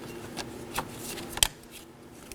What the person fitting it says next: So make sure you hear that click. Make sure it's secure.